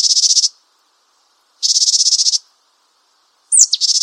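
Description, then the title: Japanese tit gives repeated grating, pulsed buzzes, the last one introduced by a quick, high, downslurred note. "suara burung gelatik batu jepang"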